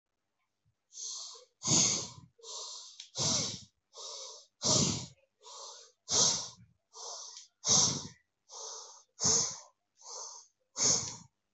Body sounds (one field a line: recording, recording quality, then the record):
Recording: shallow breathing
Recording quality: excellent, no background noise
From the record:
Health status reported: healthy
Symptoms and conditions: none ticked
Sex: male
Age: 27 years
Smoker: not ticked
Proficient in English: yes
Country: India